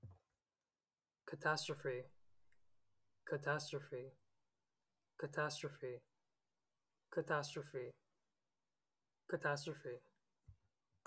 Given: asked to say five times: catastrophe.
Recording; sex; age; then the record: repeated word; male; 18 to 19 years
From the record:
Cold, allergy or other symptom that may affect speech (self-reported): no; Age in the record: 18 years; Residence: Florida, United States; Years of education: 12